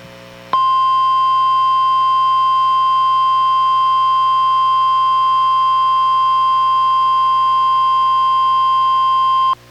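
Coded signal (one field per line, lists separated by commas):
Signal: Emergency Alert System (SAME) tones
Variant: 1050 Hz attention tone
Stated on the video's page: Weekly test relayed by a NOAA weather radio station, recorded from a Reecom R-1630 weather radio into a Zoom H1 recorder.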